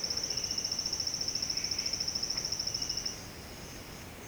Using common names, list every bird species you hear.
none